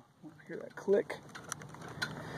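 A quick-connect fuel pressure and sampling adapter is being handled at the fuel rail fitting of an outboard engine while someone talks briefly. Short clicks and handling knocks come at about 0.8, 1.5 and 2.0 seconds over steady background hum. Nothing has seated or clicked home yet.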